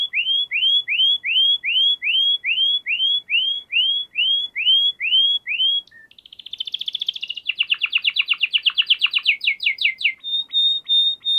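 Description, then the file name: Canary song: repeated rising upslurred whistles, then a dense warbling buzz, a rapid pulsed trill, and finally a steady high whistled note. Canary song used for training other birds (masteran). "Suara Burung Kenari untuk Masteran"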